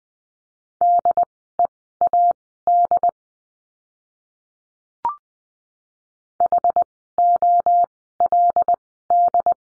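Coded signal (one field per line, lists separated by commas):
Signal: Morse code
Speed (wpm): 20 wpm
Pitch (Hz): 700 Hz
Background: none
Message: DEAD HOLD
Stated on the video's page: Morse course lesson on the letter L, words sent at Farnsworth speed of 20/10 wpm.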